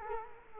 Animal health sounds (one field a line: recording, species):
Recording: mosquito wingbeat signal from an infrared sensor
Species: Culex quinquefasciatus